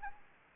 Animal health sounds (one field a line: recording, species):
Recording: mosquito wingbeat signal from an infrared sensor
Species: Anopheles gambiae